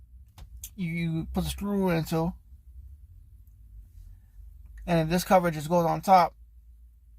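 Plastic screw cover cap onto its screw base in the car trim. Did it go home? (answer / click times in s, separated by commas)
no / none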